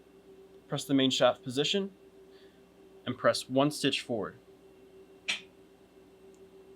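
Someone talks while the main shaft position and one stitch forward are pressed on an embroidery machine's control panel, and a green symbol appears. At 5.3 s the main shaft lock gives a short, sharp click as it releases, leaving the main shaft unlocked so it can be turned by hand.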